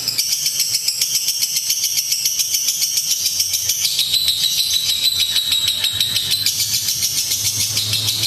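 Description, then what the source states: Lovebird in nonstop high chatter of rapid pulses, the tone shifting slightly midway, over a low background hum. Lutino lovebird giving the ngekek chattering call, used for training.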